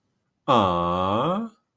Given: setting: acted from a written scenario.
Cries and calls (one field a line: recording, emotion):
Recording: vocal sound without words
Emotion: adoration